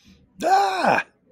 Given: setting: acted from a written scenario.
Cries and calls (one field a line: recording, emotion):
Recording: vocal sound without words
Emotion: positive surprise